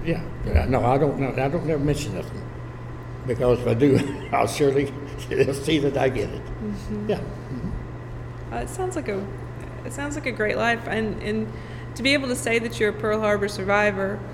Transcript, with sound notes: Yeah, but no, I don’t, no, I don’t ever mention nothing, because if I do [Chuckling] I’ll surely, they’ll see that I get it,
Well it sounds like a…it sounds like a great life, and, and to be able to say that you’re a Pearl Harbor survivor,